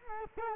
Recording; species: mosquito wingbeat signal from an infrared sensor; Culex quinquefasciatus